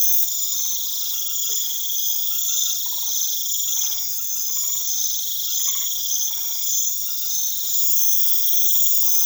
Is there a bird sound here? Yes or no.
no